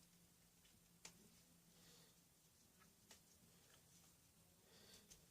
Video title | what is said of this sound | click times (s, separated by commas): Artemis Fowl's Inventions New Update | locks into place like this. | 1.0 s